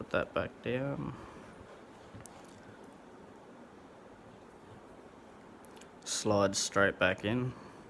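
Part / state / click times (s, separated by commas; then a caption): multitool component into multitool handle / not seated / none. A part of a new Leatherman multitool is handled and slid back toward its handle while someone talks at the start and end, with only faint, brief ticks in the quiet middle. The clip ends before the part goes home, so nothing has seated or locked in place yet.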